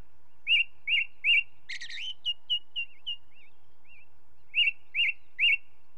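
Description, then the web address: Ring ouzel singing three loud piping notes, then a burst of scratchy warbling and soft wavering whistles, then three more piping notes. "BBC Sound Effects Library. Ring Ouzel"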